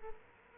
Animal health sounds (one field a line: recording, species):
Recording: mosquito wingbeat signal from an infrared sensor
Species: Culex quinquefasciatus